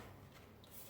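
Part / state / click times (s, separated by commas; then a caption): bottom pole section into the animatronic prop's base / not seated / none. The bottom pole section of an animatronic prop's stand is fitted into its base, but unlike the other sections it does not lock in. Over a quiet, low background, only a faint, brief knock is heard at about 0.6 s. Nothing has clicked or locked into place.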